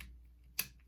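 A recoil spring part is pushed down into the top hole of a handgun frame during reassembly. Faint handling noise is followed by a single sharp tick at about 0.6 s. Nothing has seated or clicked into place yet.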